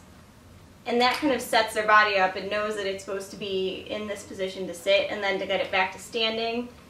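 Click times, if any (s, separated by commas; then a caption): none. A doll's plastic ABS knee joint is handled as it is set to be straightened from a sitting position toward its standing detent, while someone talks almost throughout after a near-silent first second. Nothing has seated or clicked yet by the end of the clip.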